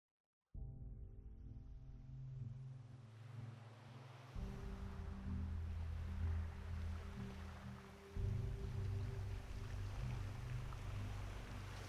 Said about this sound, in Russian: Снова шумит вода за бортом. Снова расходятся волны от форштевня и исчезают за кормой.